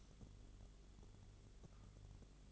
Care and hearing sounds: daily activity, microphone in the room; light on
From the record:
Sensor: 4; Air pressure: 1008.7 hPa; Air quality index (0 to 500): 97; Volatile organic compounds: 1 ppm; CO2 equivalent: 726 ppm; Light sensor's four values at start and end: 13/29/12/11 and 13/32/13/12

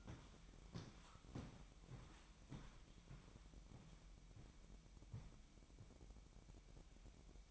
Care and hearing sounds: daily activity, microphone in the room; walk to room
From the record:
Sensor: 1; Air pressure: 1012.3 hPa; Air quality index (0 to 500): 203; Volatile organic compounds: 4 ppm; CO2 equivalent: 1625 ppm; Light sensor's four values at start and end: 76/180/76/81 and 77/185/78/83

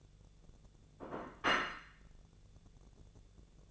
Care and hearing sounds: daily activity, microphone in the room; place plate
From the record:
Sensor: 4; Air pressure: 1001.0 hPa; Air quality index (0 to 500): 144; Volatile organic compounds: 2 ppm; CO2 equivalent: 1061 ppm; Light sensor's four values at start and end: 25/59/24/26 and 25/59/24/25

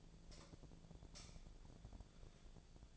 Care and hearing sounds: daily activity, microphone in the room; light off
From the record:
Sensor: 5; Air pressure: 1009.8 hPa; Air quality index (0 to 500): 159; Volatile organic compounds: 4 ppm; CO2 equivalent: 1549 ppm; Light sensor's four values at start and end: 160/408/170/181 and 160/406/169/181

